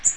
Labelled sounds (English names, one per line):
Magnolia Warbler flight call